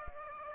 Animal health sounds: mosquito wingbeat signal from an infrared sensor; Aedes aegypti

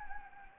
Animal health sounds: mosquito wingbeat signal from an infrared sensor; Anopheles gambiae

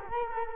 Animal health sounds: mosquito wingbeat signal from an infrared sensor; Culex quinquefasciatus

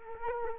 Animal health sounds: mosquito wingbeat signal from an infrared sensor; Culex quinquefasciatus

